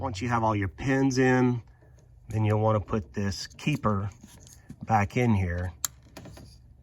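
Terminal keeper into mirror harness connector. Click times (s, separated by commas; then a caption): 6.2 s. Someone talks while the plastic terminal keeper (retainer) is pushed back into the mirror harness connector of a 2001 Ford Taurus, after all the pins are in, while adding puddle lamp wiring. A sharp snap is heard at 6.2 s as the keeper seats in place, flush.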